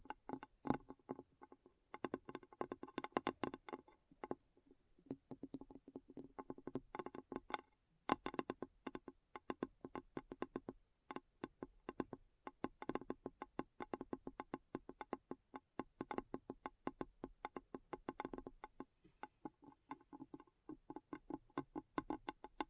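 Rapid, dense tapping on a hard, glassy surface clinks continuously, pausing briefly around eight seconds.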